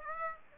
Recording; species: mosquito wingbeat signal from an infrared sensor; Aedes aegypti